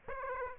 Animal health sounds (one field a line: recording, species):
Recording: mosquito wingbeat signal from an infrared sensor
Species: Aedes aegypti